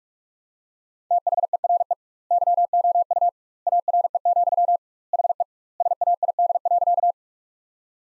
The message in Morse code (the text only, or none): THERE YOU ARE, HE SAID.